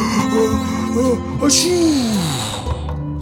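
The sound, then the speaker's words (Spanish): A voice imitates a giant whale sneezing, set off by a campfire lit inside its belly: a loud, drawn-out groaning wind-up, a breathy burst midway, then a long sliding drop in pitch, lasting about three seconds. “El fuego hizo estornudar a la enorme ballena.”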